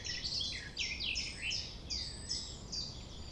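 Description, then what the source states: Common nightingale song, a run of loud, quick chirped and warbled phrases, each about half a second, over a steady low rumble of background noise. Recorded at 6 a.m. at sunrise near the Thève, Champ de Ménage; the nightingale sings without waiting for silence.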